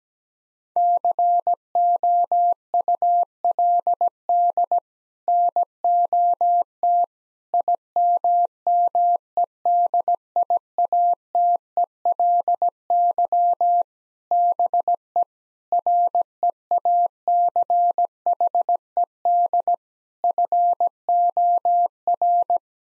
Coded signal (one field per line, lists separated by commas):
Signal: Morse code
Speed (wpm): 17 wpm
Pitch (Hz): 700 Hz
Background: none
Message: COULD NOT IMMEDIATELY BE REACHED FOR